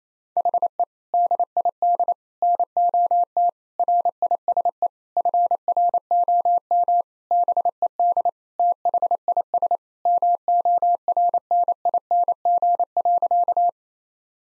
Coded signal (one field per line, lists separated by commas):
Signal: Morse code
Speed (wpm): 28 wpm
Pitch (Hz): 700 Hz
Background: none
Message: HE DID NOT RISE FROM BED THIS MORNING.